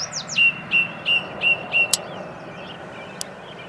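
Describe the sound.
Birdsong: five short whistled notes evenly spaced over a steady background hum, followed by faint chirps and a click.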